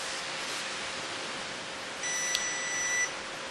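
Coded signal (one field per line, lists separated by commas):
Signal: beep code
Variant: Stubborn Dog electronic collar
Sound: one steady high beep lasting about a second, with a faint click, over hiss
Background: steady background hiss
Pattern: 1 long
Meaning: The collar has been turned off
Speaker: and the same to turn it off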